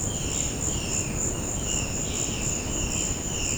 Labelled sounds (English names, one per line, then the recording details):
Violaceous Jay
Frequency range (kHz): Violaceous Jay 1.8-5.3 kHz
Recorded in secondary vegetation near Puerto Asís, Putumayo, Colombia, on 13 March 2025 at 14:30
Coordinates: 0.481, -76.318
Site G097